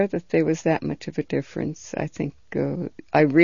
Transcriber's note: none